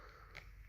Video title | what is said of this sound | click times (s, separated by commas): Action Figure Extravaganza ep 11 | just and it just pops on and it it locks into place it doesn't feel loose at all | 0.4 s